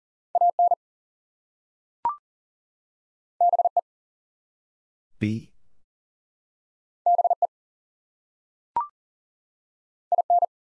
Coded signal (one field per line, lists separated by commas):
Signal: Morse code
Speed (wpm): 39 wpm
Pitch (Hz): 700 Hz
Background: none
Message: AN BE BE IN